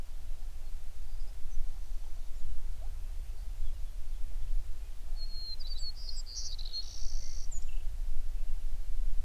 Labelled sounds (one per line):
songbird